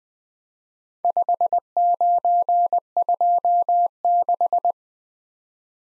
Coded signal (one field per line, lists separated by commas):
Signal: Morse code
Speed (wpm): 20 wpm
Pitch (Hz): 700 Hz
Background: none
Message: 5926